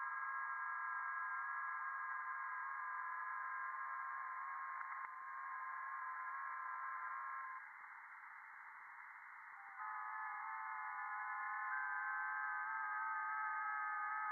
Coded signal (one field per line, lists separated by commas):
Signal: FT8